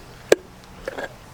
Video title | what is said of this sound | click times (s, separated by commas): Servicing your D22 // YD25 & ZD30 // Fuel, Air & Oil Filters + Oil Change | You'll hear it click. | 0.3 s